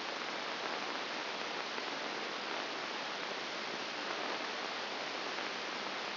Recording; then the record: brain microelectrode recording played as sound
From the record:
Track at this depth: inside the subthalamic nucleus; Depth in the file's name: 2.704 mm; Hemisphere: left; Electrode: 2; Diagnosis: Parkinson's disease